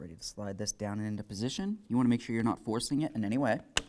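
A plastic door lock actuator for a 2002–2006 Honda CR-V is being positioned to slide down onto the metal door latch assembly, where its clips will snap in. Someone talks throughout, and a short sharp tick is heard near the end. Nothing has seated or clicked yet.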